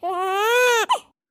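A French infant's cry that starts soft, with pitch rising steadily, then falling slightly only at the end, mirroring the rising intonation of French, the parents' language.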